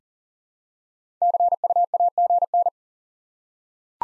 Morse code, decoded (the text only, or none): CUAGN